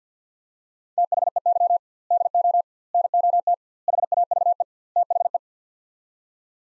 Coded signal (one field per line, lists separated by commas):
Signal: Morse code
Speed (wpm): 50 wpm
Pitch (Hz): 700 Hz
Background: none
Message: THEY DO NOT HAVE THE